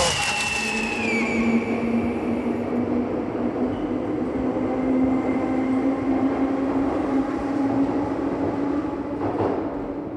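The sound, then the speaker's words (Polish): A subway train rumbles past in a steady, loud roar, a low droning whine running underneath, with a bright metallic hiss at the start that fades, then a brief rattle near the end. “Nigdy nie lubił jeździć metrem.”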